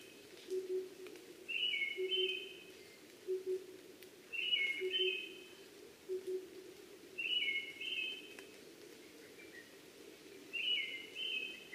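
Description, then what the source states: Brown-headed thrush song: short whistled two-part phrases, repeated about every three seconds, over steady low paired hooting notes from another bird and faint background hiss. Recorded 12 June 2010 at 03:45.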